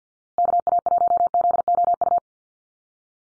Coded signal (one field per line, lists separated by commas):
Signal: Morse code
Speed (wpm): 50 wpm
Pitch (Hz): 700 Hz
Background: none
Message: KA1ZOU